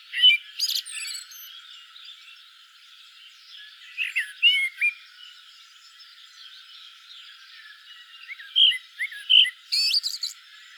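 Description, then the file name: Common blackbird song in three spaced phrases, each a few fluty notes trailing into high squeaky twitters, with quiet stretches between. "Turdus merula"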